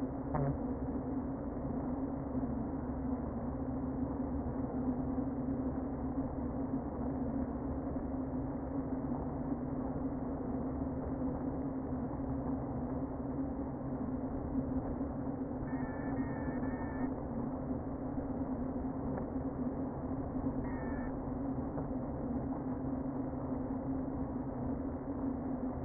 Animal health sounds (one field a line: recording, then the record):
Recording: honeybee colony, microphone inside the hive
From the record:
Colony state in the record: queen present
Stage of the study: before two queens were removed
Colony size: about 60,000 bees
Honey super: yes